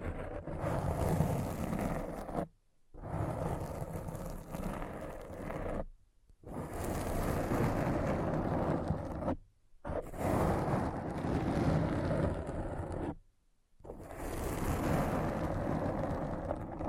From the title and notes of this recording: ASMR Thorough Brain Scratch to Make You Sleepy (No Talking).